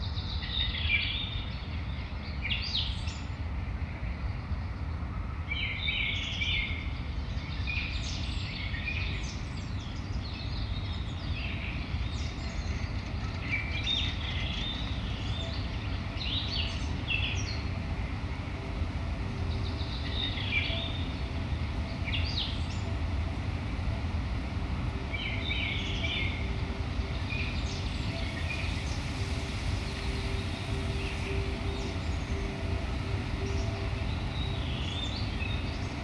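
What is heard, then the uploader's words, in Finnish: Birds chirp in the Keskusmetsä forest, short bright calls repeating every second or two across the whole clip. Beneath them runs a steady low rumble, like distant traffic, that never lets up, with a faint even hum above it. Helsingin reitit - Keskusmetsä. Kenttä-äänittämiselle korona-aika tarjosi lentomeluttoman ympäristön. Binauraalisilla tekniikoilla äänitetty Keskusmetsä-teos.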